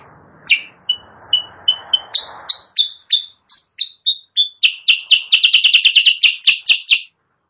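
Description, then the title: Sooty-headed bulbul song: scattered chirps over soft background noise, building into a fast string of bright repeated notes. Training recording for caged birds, also used as a lure call; described as persistently singing (gacor). "Masteran Kutilang Sutra. suara pikat kutilang sutra kutilang sutra gacor"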